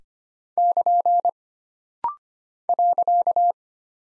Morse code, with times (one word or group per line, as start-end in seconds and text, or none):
0.6-1.3 <KN>
2.7-3.5 .